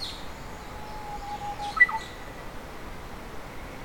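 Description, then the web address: Japanese bush warbler song, a faint long steady whistle followed by a brief quick flourish of higher notes, over a quiet background hiss. Singing, recorded at Iouyama on 31 May 2015. "saezuri uguisu 20150531 iouyama"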